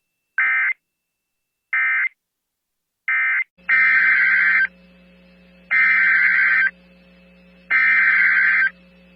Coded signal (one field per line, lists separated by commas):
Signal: Emergency Alert System (SAME) tones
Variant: header bursts